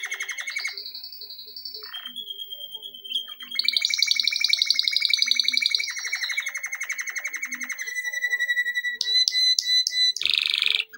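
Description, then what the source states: Canary song: a varied sequence of rapid trilled tours, switching between buzzy rolls, a clear sustained whistle and quick repeated chips. Canary song intended for training.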